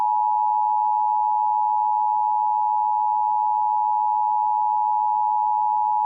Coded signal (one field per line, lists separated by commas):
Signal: Emergency Alert System (SAME) tones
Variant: 853 and 960 Hz attention tone